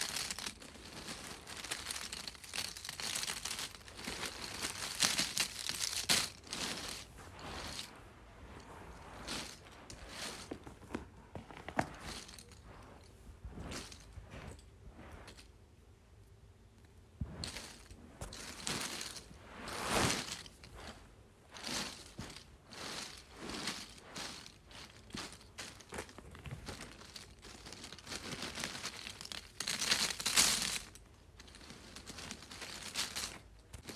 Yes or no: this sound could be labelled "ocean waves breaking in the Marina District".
no